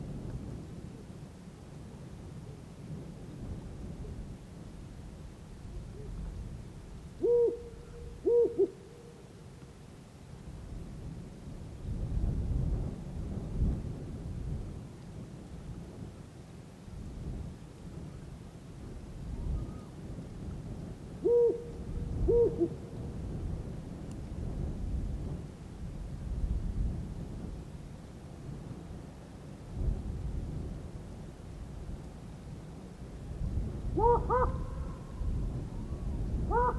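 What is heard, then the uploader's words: Strong wind roars low and heavy throughout, surging in gusts with deep rumbling. An owl-like hoot sounds in close pairs around 8 and 22 seconds, then a quicker run of rising calls near the end over the gusting wind. Thunderstorm and heavy wind on the roof of Africa. Listen to a powerful thunderstorm, stron winds and wildlife calling on the Roof of Africa.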